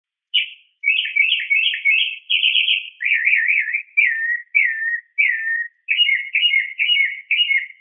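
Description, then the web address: Mockingbird singing a varied string of chirpy, warbled phrases, often repeated before switching, in a clean recording with no other sounds. Multiple calls. "SFXSource. Mocking Bird Multi 6"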